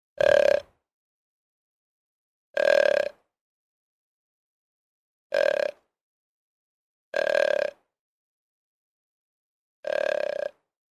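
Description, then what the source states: Deer grunts, five short guttural bursts spaced a couple of seconds apart, with silence between them. Male (buck); grunt call.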